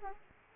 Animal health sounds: mosquito wingbeat signal from an infrared sensor; Aedes aegypti

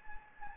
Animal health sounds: mosquito wingbeat signal from an infrared sensor; Anopheles gambiae

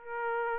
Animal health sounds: mosquito wingbeat signal from an infrared sensor; Aedes aegypti

